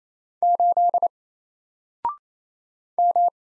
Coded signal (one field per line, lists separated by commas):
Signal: Morse code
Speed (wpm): 27 wpm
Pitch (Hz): 700 Hz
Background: none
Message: 8 M